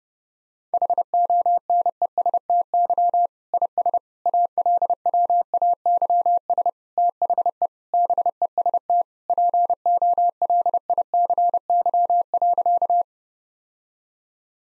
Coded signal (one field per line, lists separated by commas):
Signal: Morse code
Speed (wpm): 30 wpm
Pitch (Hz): 700 Hz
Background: none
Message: HONESTY IS ALWAYS THE BEST POLICY.